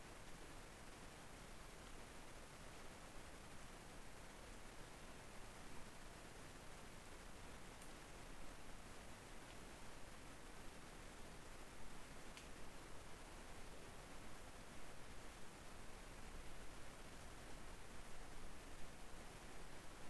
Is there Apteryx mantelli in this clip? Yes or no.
no